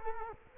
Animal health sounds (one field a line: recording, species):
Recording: mosquito wingbeat signal from an infrared sensor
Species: Culex quinquefasciatus